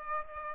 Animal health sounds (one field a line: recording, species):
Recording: mosquito wingbeat signal from an infrared sensor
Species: Aedes aegypti